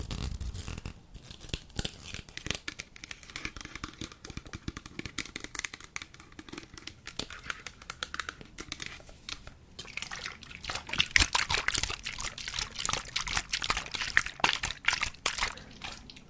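A little water trickles and splashes, a dense stream of tiny crackling drips and gurgles with no pauses. It stays fairly quiet and thin at first, then from about ten seconds grows brighter and busier, sloshing more strongly toward the end.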